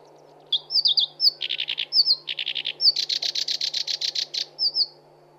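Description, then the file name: Black-browed Reed Warbler song, high whistled slurs followed by grating chattering bursts and a long rapid harsh series, ending with another slurred whistle. Masteran (tutor) song for cage birds. "suara kerakbasi alis hitam masteran"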